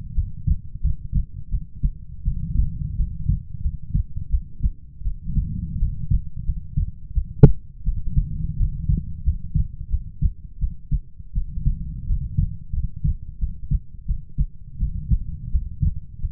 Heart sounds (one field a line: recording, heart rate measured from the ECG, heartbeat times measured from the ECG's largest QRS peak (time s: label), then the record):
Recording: heart sounds by stethoscope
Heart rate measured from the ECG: 86 bpm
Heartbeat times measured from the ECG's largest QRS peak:
0.13 s: heartbeat
0.80 s: heartbeat
1.49 s: heartbeat
2.23 s: heartbeat
2.95 s: heartbeat
3.61 s: heartbeat
4.29 s: heartbeat
5.02 s: heartbeat
5.78 s: heartbeat
6.44 s: heartbeat
7.13 s: heartbeat
7.84 s: heartbeat
8.57 s: heartbeat
9.23 s: heartbeat
9.89 s: heartbeat
10.59 s: heartbeat
11.33 s: heartbeat
12.06 s: heartbeat
12.73 s: heartbeat
13.38 s: heartbeat
14.06 s: heartbeat
14.78 s: heartbeat
15.50 s: heartbeat
16.20 s: heartbeat
From the record:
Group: healthy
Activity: rest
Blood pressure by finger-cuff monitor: 107/69 mmHg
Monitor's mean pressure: 81 mmHg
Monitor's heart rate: 87 bpm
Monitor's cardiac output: 7.1 L/min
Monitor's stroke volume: 83 mL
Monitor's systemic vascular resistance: 840 dyn s/cm5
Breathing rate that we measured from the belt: 19 breaths a minute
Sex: female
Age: 19 years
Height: 163 cm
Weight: 48.9 kg